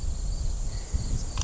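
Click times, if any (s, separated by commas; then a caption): none. A mounting bracket piece is picked up and lined up with the back of a trail camera, with soft low handling rumbles over steady high insect-like chirping outdoors. Nothing has snapped in or clicked yet.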